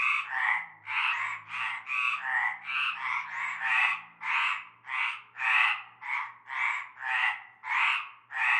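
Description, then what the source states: Frog chorus of harsh, rasping croaks, several callers overlapping in a dense, uneven series, with a faint low hum underneath. Chorus heard from nightfall in a large concrete basin with a shallow layer of stagnant greenish water, Avenue Cante Coucou, Groupède, La Ciotat, Bouches-du-Rhône, France.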